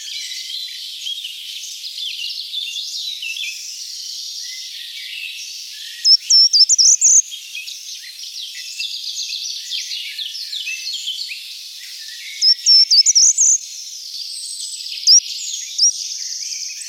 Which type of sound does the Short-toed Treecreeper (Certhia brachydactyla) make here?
song